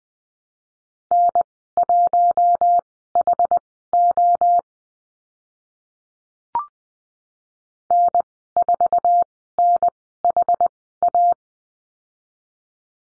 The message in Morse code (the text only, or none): N1HO N4NHA